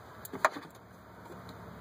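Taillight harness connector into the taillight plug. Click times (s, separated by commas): 0.4 s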